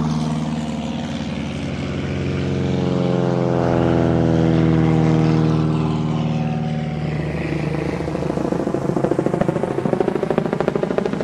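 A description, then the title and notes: A small propeller plane passes close by, its engine a steady low drone with a rising and falling tone that swells to a peak around the middle. After about seven seconds the sound turns rougher and more chopping as the plane moves away, with a faint rattling edge. Planes all day. I live next door to a small landing pad with around 200 planes and a small flight school.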